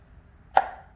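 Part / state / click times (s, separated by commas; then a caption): paper oil filter element into filter housing cap / seated / 0.6 s. A new paper oil filter element for a Volkswagen 2.0T FSI BPY engine is pushed into the plastic filter housing cap. It seats with one sharp, bright click at 0.6 s, ringing briefly near 700 Hz before fading over quiet background. The element clicks firmly into place.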